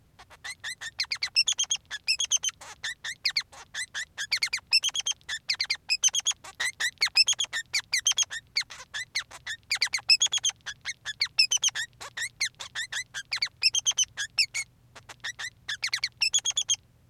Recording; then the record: song of a male Bengalese finch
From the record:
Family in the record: son of father 3